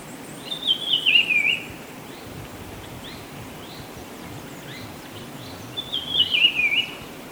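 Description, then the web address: Black-bellied peppershrike song, two bright twisting warbled phrases about five seconds apart, with quiet background hiss between. Recorded in Ecuador. "Birds of Ecuador. Black-bellied Peppershrike"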